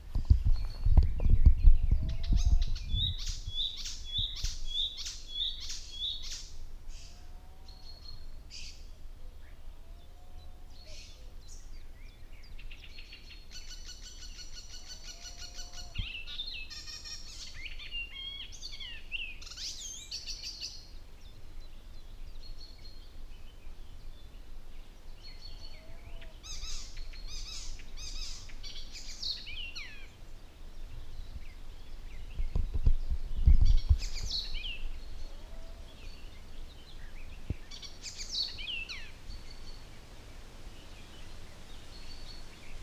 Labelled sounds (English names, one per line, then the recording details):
Icterine Warbler song
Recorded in the wild
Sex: male
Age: adult
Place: Lohm, Havelland, Brandenburg, DE
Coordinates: 52.8839, 12.3572
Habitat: grassland
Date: 2007-05-19 07:30
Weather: fair, 10°C, weak winds
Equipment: Sound Devices 702, Sennheiser MKH 416-T, Windkorb
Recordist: Frommolt, Karl-Heinz